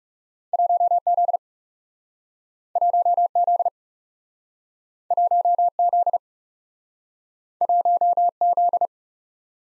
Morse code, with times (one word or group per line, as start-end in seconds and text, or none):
0.5-1.0 1
1.1-1.4 Z
2.8-3.3 1
3.4-3.7 Z
5.1-5.7 1
5.8-6.2 Z
7.6-8.3 1
8.4-8.9 Z